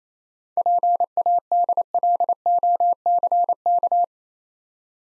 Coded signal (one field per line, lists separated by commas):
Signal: Morse code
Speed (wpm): 30 wpm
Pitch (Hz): 700 Hz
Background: none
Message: PADLOCK